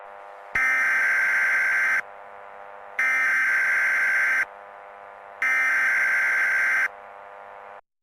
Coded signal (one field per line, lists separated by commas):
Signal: Emergency Alert System (SAME) tones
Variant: header bursts